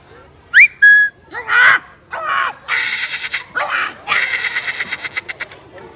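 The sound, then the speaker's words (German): A professional animal-voice imitator mimics a parrot with a rapid run of squawks, whistles and raspy chattering calls, some sharp and rising in pitch, others harsh and buzzy, delivered in quick bursts with no other talk. “Ein Papagei, ja, ihr habt aber gute Ohren.”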